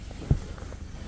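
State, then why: Seated. A rear folding seatback in a 2024 VW Golf 2.0T GTI 380 S is pushed upright into its latch, and it locks in place. Two short knocks are heard at 0.3 s and 0.6 s, the first a louder low thump.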